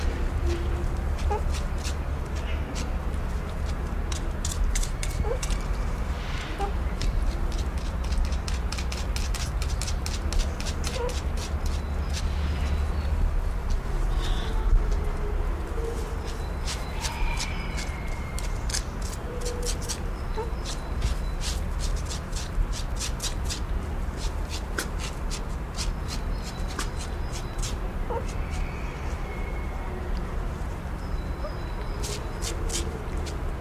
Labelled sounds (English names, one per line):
Banded Mongoose call